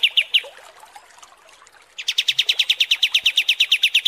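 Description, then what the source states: Striated Grassbird: kapas tembak song: three loud chips, a soft interval, then a long rapid run of repeated sharp notes. Masteran tutoring recording of kapas tembak song.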